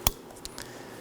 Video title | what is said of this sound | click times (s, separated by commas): How to Replace Rear Bumper 2014-2019 Nissan Sentra | Make sure you hear that audible click and make sure it's secure. | 0.1 s